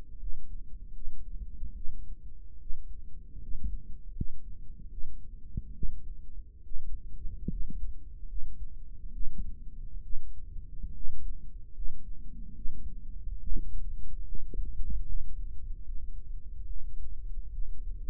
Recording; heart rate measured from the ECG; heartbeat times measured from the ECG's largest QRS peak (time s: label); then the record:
heart sounds by microphone in the right ear; 73 bpm
0.18 s: heartbeat
0.93 s: heartbeat
1.74 s: heartbeat
2.58 s: heartbeat
3.39 s: heartbeat
4.13 s: heartbeat
4.89 s: heartbeat
5.73 s: heartbeat
6.63 s: heartbeat
7.48 s: heartbeat
8.27 s: heartbeat
9.12 s: heartbeat
10.02 s: heartbeat
10.92 s: heartbeat
11.73 s: heartbeat
12.54 s: heartbeat
13.39 s: heartbeat
14.24 s: heartbeat
15.03 s: heartbeat
15.82 s: heartbeat
16.64 s: heartbeat
17.49 s: heartbeat
From the record:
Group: healthy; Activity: rest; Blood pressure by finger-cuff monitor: 112/60 mmHg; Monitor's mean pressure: 76 mmHg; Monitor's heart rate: 73 bpm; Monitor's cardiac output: 6.8 L/min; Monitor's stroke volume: 93 mL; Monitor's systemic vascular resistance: 810 dyn s/cm5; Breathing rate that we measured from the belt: 16 breaths a minute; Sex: female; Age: 22 years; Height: 160 cm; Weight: 63 kg